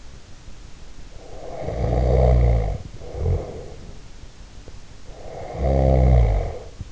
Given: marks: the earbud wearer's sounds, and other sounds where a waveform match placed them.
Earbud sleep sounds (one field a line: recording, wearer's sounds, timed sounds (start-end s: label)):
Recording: sounds in sleep by an in-ear microphone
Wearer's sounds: snoring breath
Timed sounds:
1.07-4.24 s: snoring breath
5.05-6.92 s: snoring breath